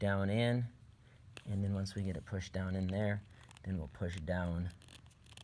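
A coin cell battery is being pushed down into the groove of a plastic Jeep Grand Cherokee / Wagoneer key fob battery holder while someone talks. A couple of faint, brief handling ticks are heard near the end. Nothing has seated or clicked yet.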